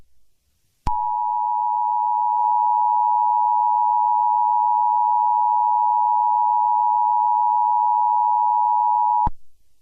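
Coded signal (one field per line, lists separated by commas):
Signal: Emergency Alert System (SAME) tones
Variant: 853 and 960 Hz attention tone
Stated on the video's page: Fictional EAS scenario.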